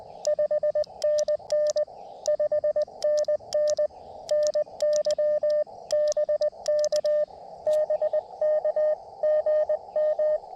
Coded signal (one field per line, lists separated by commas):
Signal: Morse code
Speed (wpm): 21 wpm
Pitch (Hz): 590 Hz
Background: radio noise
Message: 5NN 5NN NY BK BK GM